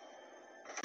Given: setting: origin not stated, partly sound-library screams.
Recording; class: one-second piece from a danger detection set; woman in danger